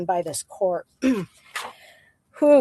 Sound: clears throat

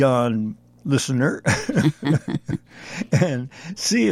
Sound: laughs

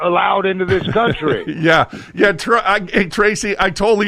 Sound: laughs

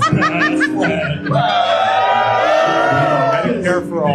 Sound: crowd cheering

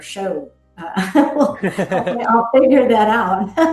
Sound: laughs

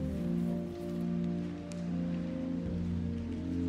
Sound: organ music plays; congregation claps

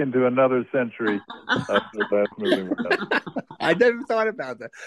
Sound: laughs

